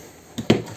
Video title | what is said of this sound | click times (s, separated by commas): Квадрокоптер V-COPTER WING L100 | пришел значит один луч фиксируется услышал как щелчок защелкивается | 0.4 s, 0.5 s